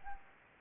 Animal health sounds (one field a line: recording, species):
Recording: mosquito wingbeat signal from an infrared sensor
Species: Anopheles gambiae